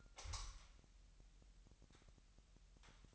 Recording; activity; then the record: daily activity, microphone in the room; light on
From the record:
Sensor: 3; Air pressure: 1001.9 hPa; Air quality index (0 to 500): 244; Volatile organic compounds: 46 ppm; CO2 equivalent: 3247 ppm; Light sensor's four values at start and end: 6/13/5/5 and 11/32/13/12